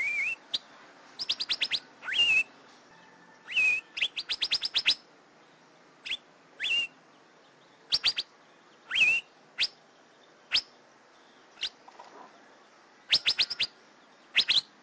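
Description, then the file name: Asian fairy-bluebird calling with rapid clusters of short sharp notes, some quick rattling runs, and a few brief wavering whistles. "suara kacembang gadung"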